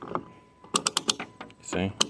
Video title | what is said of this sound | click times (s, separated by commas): Dodge Nitro Fuel Cap Replacement | can hear the clicks | 0.8 s, 0.9 s, 1.0 s, 1.1 s, 2.0 s